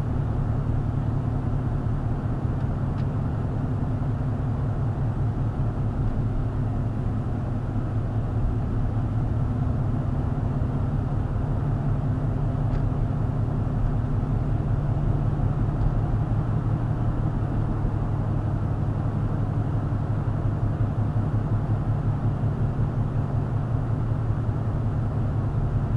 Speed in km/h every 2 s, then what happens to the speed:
45, 45, 45, 44, 44, 47, 47, 47, 50, 50, 48, 48, 47.
0-8 steady at about 45. 8-16 speeds up to 50. 16-26 steady at about 48.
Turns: none.